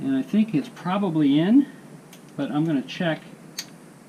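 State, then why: Seated. Someone talks while checking a snap ring in its groove inside an F850GS motorcycle fork tube, then pushes down on it with a fingernail because it wasn't all the way in. At 3.6 s a single sharp, solid click is heard as the ring seats fully in its groove.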